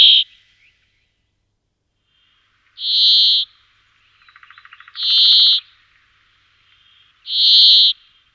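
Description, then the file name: Brambling giving harsh, nasal, drawn-out buzzy calls, one roughly every two seconds, with a soft dry rattle between the second and third calls. "pěnkava-jikavec"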